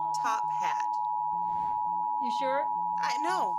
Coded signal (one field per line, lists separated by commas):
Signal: Emergency Alert System (SAME) tones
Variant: 853 and 960 Hz attention tone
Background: speech